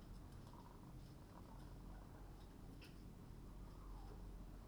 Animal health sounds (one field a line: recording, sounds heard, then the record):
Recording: poultry house recording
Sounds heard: healthy chickens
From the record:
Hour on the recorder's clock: 21